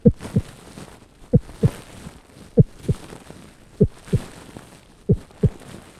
Heartbeat.